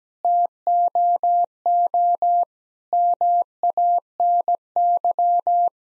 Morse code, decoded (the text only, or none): TOO MANY